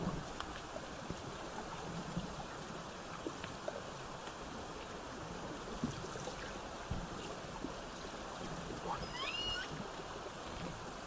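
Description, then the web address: Killer whale call, a brief high harmonic call near the end, otherwise steady underwater hiss with occasional soft clicks. Southern Resident killer whales, calf present, bouts recorded 17 September 2024, roughly 16:32 to 17:50. "SRKW bouts 240917-1700-OS-L 90 calf 240917-1632-1750-OS-L 90 calf"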